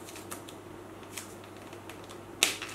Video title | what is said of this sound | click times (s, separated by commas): HOT TOYS BLACK PANTHER MMS470 REVIEW ( INDONESIA ) | Nah, tuh bunyi klek gitu. | 2.4 s